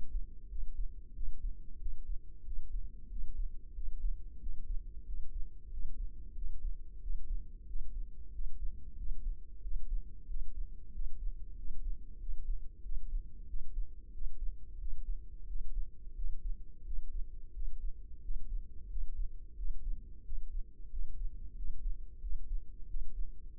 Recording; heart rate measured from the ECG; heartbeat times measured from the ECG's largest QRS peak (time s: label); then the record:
heart sounds by microphone in the left ear; 91 bpm
0.50 s: heartbeat
1.16 s: heartbeat
1.81 s: heartbeat
2.46 s: heartbeat
3.11 s: heartbeat
3.76 s: heartbeat
4.41 s: heartbeat
5.07 s: heartbeat
5.72 s: heartbeat
6.37 s: heartbeat
7.02 s: heartbeat
7.68 s: heartbeat
8.34 s: heartbeat
8.99 s: heartbeat
9.64 s: heartbeat
10.29 s: heartbeat
10.94 s: heartbeat
11.58 s: heartbeat
12.21 s: heartbeat
12.84 s: heartbeat
13.49 s: heartbeat
14.14 s: heartbeat
14.80 s: heartbeat
15.48 s: heartbeat
16.17 s: heartbeat
16.86 s: heartbeat
17.55 s: heartbeat
18.23 s: heartbeat
18.91 s: heartbeat
19.58 s: heartbeat
20.25 s: heartbeat
20.92 s: heartbeat
21.57 s: heartbeat
22.23 s: heartbeat
22.89 s: heartbeat
23.56 s: heartbeat
From the record:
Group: healthy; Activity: rest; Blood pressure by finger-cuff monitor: 130/82 mmHg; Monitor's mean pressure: 98 mmHg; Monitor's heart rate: 91 bpm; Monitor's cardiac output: 7.4 L/min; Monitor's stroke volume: 81 mL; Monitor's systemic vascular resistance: 990 dyn s/cm5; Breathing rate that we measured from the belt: 20 breaths a minute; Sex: male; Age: 21 years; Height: 175 cm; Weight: 72.6 kg